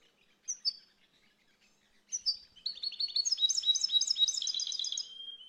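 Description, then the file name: Finch song opens with high slurred notes, then runs into a rapid twittering trill of repeated tinkling notes that ends on a drawn-out note. "Canto do pintassilgo"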